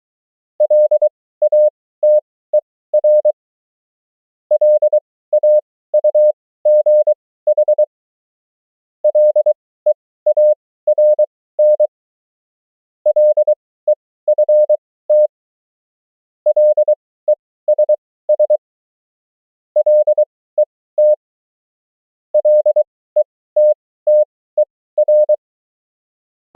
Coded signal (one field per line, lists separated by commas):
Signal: Morse code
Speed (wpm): 23 wpm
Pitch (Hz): 600 Hz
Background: none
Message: LATER LAUGH LEARN LEFT LESS LET LETTER